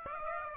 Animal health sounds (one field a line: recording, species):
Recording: mosquito wingbeat signal from an infrared sensor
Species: Aedes aegypti